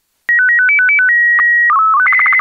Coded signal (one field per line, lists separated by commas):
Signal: SSTV (slow-scan television)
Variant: Robot BW 8